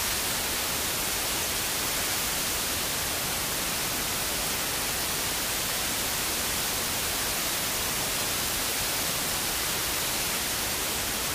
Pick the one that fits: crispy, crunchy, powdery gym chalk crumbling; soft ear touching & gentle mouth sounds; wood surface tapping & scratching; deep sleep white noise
deep sleep white noise